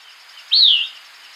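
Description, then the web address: Sierran Elaenia giving one clear whistled note that rises briefly, then slides down in a smooth slurred arc, against a quiet hiss. Ecuador. "Birds of Ecuador 2. Sierran Elaenia"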